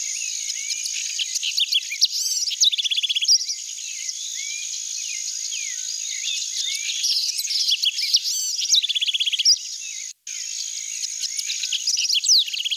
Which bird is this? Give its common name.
House Wren